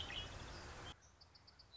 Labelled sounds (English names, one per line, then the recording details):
Red-winged Blackbird
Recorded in Sonoma County, California